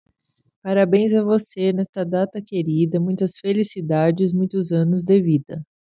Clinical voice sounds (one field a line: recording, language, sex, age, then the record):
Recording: short text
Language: Brazilian Portuguese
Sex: female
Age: 30 to 39 years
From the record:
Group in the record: control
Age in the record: 37 years